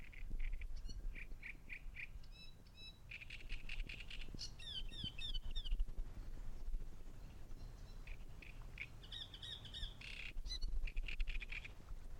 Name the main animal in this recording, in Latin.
Acrocephalus arundinaceus